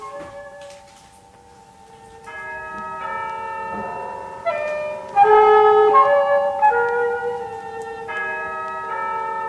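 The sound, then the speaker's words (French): A Christmas bell in a deserted café at daybreak rings in a series of sustained, overlapping metallic chimes, each strike shimmering with bright harmonics, growing louder toward the middle and ringing on without any voices. “Toutefois, la cloche de Noël est toujours en place.”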